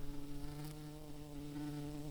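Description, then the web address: Red-tailed bumblebee queen buzzing, a steady low hum with layered droning tones held evenly through the whole short stretch. "Lapidarius queens"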